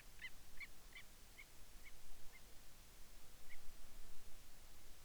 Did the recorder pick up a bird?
yes